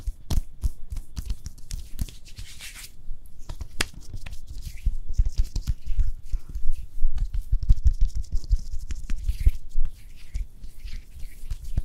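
Makeup being applied without talking: a dense run of soft taps, rubs and crinkly scratches, some bright and hissy like brushing or tearing. Sharp little clicks land irregularly throughout, with brief crackly bursts around the third and seventh seconds.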